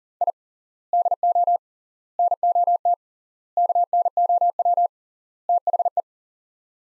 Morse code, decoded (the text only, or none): I DO NOT KNOW THE